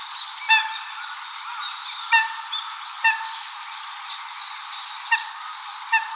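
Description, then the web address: Eurasian coot giving short, sharp, honking calls, five spaced throughout about one to two seconds apart, over a busy chorus of twittering small birds. Recorded 25 November 2015. "birdenaga ooban 151125"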